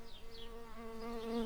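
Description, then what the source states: Early bumblebee buzzing: a steady low hum with many stacked overtones, holding an even pitch throughout, with faint high chirps in the background. Worker bumblebees.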